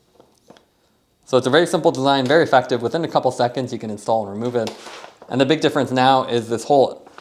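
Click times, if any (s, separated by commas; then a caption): 0.6 s. The top strap of a Tailfin Speedpack 13L rear storage bag with carbon rods, already put through the groove of the rear bike rack attachment and pulled back, makes a few faint ticks, with a small click at 0.6 s as the bag mount latches onto the rack and locks into place. After about a second of near silence, someone talks for the rest of the clip.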